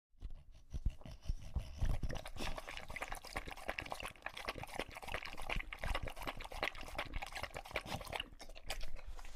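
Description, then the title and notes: English Bulldog: dog lapping water steadily, a dense run of rapid wet tongue splashes that continues almost without pause throughout. Male English Bulldog drinking from a water bowl after a long walk, out of breath from the walk. "Lucho the English Bulldog"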